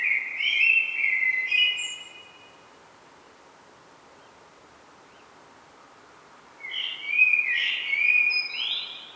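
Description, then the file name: Common blackbird singing a warbled phrase at the start, several seconds of quiet, then a second warbled phrase. "Turdus merula"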